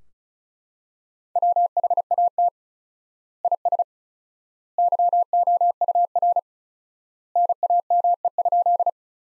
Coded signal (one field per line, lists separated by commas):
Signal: Morse code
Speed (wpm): 36 wpm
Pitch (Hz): 700 Hz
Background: none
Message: WHAT IS YOUR NAME?